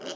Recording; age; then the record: pig call; piglet (1 to 25 days)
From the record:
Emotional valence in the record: negative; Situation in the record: fighting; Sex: male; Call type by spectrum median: low-frequency call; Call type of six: low-frequency tonal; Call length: 0.16 s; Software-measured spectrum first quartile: 512 Hz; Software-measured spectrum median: 1447 Hz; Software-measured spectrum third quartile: 3747 Hz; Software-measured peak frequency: 575 Hz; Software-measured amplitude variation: 97 dB a second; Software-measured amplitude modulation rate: 9.3 a second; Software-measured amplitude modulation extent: 10.5 dB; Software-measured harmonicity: 1.6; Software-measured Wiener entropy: -1.90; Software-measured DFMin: 866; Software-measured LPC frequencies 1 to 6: 542, 1443, 3066, 4190, 4896, 5775 Hz